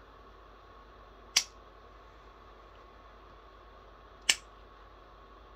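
An autoinjector pen is held pressed against the skin for an injection, with a faint steady hiss in the background. A sharp click sounds at 1.4 s as the mechanism fires, and a second click follows at 4.3 s. The first click does not mean the injection is finished: the pen must stay held down until its window turns green.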